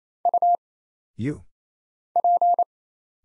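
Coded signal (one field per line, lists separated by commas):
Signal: Morse code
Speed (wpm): 28 wpm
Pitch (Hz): 700 Hz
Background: none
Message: U P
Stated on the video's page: Morse single-character drill at 28 wpm of letters, numbers, punctuation and prosigns for instant character recognition, each character sent twice.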